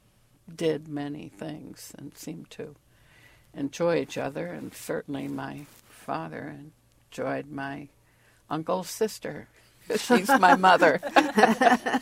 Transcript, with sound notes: did many things and seemed to enjoy each other, and certainly my — father en — joyed my — uncles sister. (Laughs) She's my mother.